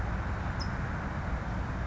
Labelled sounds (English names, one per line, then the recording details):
California Towhee
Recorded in Sonoma County, California